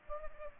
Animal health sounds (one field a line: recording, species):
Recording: mosquito wingbeat signal from an infrared sensor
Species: Culex pipiens